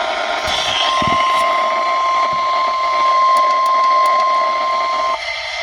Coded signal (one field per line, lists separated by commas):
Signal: Emergency Alert System (SAME) tones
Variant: 1050 Hz attention tone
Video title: (EAS #55) FLOOD WARNING